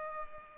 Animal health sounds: mosquito wingbeat signal from an infrared sensor; Culex pipiens

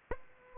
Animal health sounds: mosquito wingbeat signal from an infrared sensor; Aedes aegypti

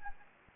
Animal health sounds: mosquito wingbeat signal from an infrared sensor; Anopheles gambiae

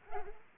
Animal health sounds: mosquito wingbeat signal from an infrared sensor; Culex pipiens

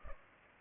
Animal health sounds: mosquito wingbeat signal from an infrared sensor; Culex pipiens

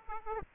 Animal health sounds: mosquito wingbeat signal from an infrared sensor; Aedes aegypti

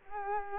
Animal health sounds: mosquito wingbeat signal from an infrared sensor; Culex quinquefasciatus

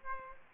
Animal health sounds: mosquito wingbeat signal from an infrared sensor; Aedes aegypti

